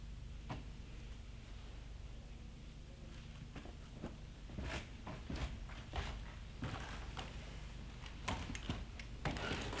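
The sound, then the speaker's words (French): A door is pulled shut with a scattered run of soft wooden clunks and knocks, the last one sharpest, over a steady low hum with no one speaking. “Mais tirez cette porte avant qu'on vous les dise.”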